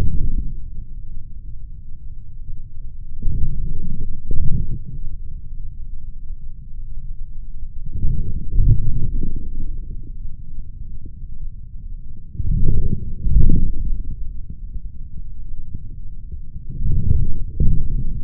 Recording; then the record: forearm muscle sounds (acoustic myography)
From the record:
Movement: forearm pronation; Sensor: system 3, bracelet of six PUI Audio POM-2738L microphones around the upper forearm, with dedicated amplification and filtering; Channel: 6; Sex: male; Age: 26 years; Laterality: right